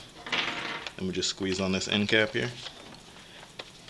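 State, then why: Not seated. A plastic end cap is handled and squeezed onto the end of the bolt slide of a Nerf N-Strike Elite Longshot CS-6 toy blaster while someone talks, with light handling taps and a brief sharp tick near 3.6 s. Nothing has seated or clicked yet; the end cap is not yet home when the clip ends.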